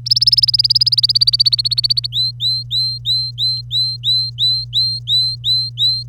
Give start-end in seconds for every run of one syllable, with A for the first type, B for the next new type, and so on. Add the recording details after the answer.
0.06-2.07 A, 2.12-6.03 B. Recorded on 25 April 2018 at 07:32. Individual llb3